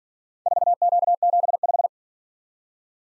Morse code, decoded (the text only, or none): 4Q75